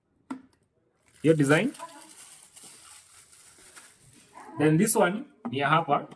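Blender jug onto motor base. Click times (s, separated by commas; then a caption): 0.3 s. A blender jug is fitted onto its motor base and twisted until it locks, with a sharp click at 0.3 s. Someone then talks while faint handling sounds continue in the background.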